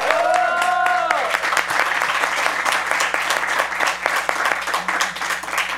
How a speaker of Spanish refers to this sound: Un aplauso, por favor,